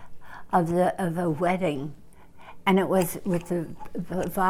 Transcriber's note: none